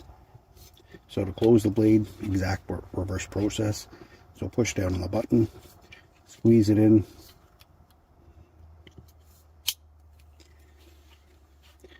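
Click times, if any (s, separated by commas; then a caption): 9.7 s. Someone talks while pressing the lock button on a folding pocket saw and squeezing the metal blade back into its handle. A single sharp click sounds at 9.7 s as the blade locks fully closed in the handle.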